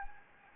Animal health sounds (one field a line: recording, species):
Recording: mosquito wingbeat signal from an infrared sensor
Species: Anopheles gambiae